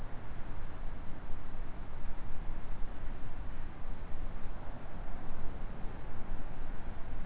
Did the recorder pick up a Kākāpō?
no